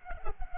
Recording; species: mosquito wingbeat signal from an infrared sensor; Culex pipiens